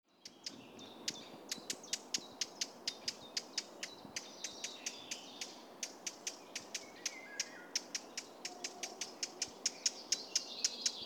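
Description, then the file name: Eurasian blackcap calling with many sharp clicking tacs in a long, steady series, over soft background birdsong. "Sylvia atricapilla"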